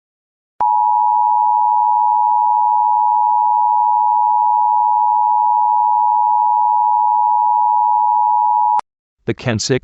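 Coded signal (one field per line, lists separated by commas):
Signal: Emergency Alert System (SAME) tones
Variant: 853 and 960 Hz attention tone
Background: speech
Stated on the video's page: Fictional EAS alert for a Kensico Dam break flooding, a simulated scenario.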